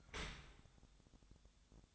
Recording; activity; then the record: daily activity, microphone in the room; open dishwasher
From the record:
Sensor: 3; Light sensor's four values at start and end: 7/17/7/6 and 7/17/7/6